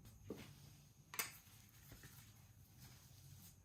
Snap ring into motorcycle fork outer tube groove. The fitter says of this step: inserting it into the outer tube, and pushing it down until it snaps into the groove.